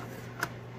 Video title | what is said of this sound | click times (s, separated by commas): Elderly Man gets rid of EVERYTHING Storage Unboxing ~ BEST GARAGE SALE of the Year! - Items CHEAP! | then you see a clock actually gets locked into place | 0.4 s